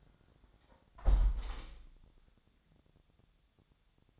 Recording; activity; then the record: daily activity, microphone in the room; close window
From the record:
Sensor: 3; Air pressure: 1000.4 hPa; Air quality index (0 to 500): 166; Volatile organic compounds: 3 ppm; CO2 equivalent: 1436 ppm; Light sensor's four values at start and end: 13/35/13/15 and 13/34/13/15